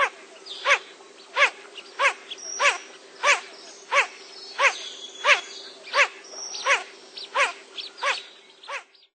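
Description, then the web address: Blue-winged teal giving nasal, harmonic quacks, repeated about every 0.7 seconds in a steady series, over a constant low hum. "cotor. Blue-winged Teal"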